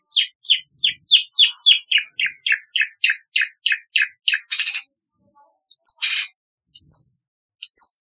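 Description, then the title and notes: Long-tailed shrike song, a long even series of downslurred chirps, then a harsh rasp, a pause, and a few high sharp notes. "Kicau Burung Cendet"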